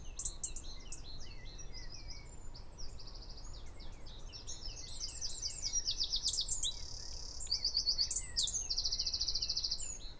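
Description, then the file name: Eurasian wren singing a long, fast medley of high chirps, rattling trills and a sustained buzzy trill near the end, over constant low background noise. "Troglodytes troglodytes"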